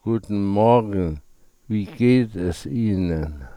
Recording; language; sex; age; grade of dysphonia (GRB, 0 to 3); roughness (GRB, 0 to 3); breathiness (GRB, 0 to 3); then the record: spoken sentence; German; male; 60 to 69 years; 2; 1; 1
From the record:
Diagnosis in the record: dysarthrophonia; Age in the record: 65 years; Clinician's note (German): Z.B. ALS